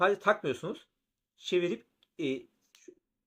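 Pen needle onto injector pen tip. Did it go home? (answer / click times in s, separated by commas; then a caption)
yes / 2.8 s. A pen needle is twisted onto the threaded tip of an injector pen while someone talks, and it engages with a short, faint click at 2.7 s. The needle is seated on the pen.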